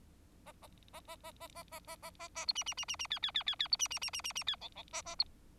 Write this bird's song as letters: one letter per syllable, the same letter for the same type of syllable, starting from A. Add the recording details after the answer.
A A A A A A A A A A A A B C C C C C D D D D D B C C C C C C D E E A A B. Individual Bird4